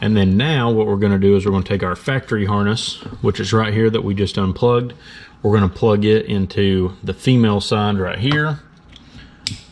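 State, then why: Seated. Someone talks while the factory seat switch harness connector of a 2020-2025 Toyota Highlander is pushed into the female plug of the wireless adjustable seat module's adapter harness. A sharp click at 9.5 s marks the connector latching in, and it is seated.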